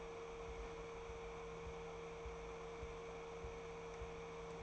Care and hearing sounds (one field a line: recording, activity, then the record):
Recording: daily activity, microphone in the room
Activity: open fridge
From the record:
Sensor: 1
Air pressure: 1015.0 hPa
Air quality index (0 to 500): 192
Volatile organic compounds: 21 ppm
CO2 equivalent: 2727 ppm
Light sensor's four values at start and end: 9/22/9/10 and 9/22/9/10